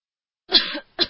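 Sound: a single cough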